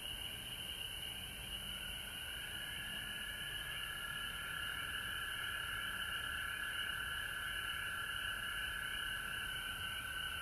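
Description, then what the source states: Frogs calling in a dense chorus, a steady shrill high trill over a lower continuous trilling band, with constant faint hiss throughout. Recorded at home in Georgia on March 19, 2020.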